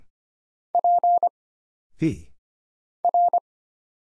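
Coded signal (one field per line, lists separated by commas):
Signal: Morse code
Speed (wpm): 25 wpm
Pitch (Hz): 700 Hz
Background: none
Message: P R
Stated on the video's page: Single-character Morse drill for instant character recognition at 25 wpm: letters, numbers, punctuation and prosigns, each sent, spoken, then sent again.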